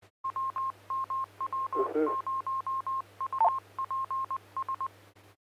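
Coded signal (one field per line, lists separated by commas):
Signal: Morse code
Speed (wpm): 20 wpm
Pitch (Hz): 1060 Hz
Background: none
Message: W M W0UPS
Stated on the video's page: Weekly tech net on the 447.275 MHz repeater, also on the 447.750 MHz repeater and Echolink.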